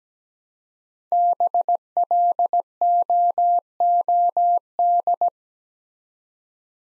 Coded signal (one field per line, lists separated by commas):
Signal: Morse code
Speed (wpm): 17 wpm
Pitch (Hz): 700 Hz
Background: none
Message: BLOOD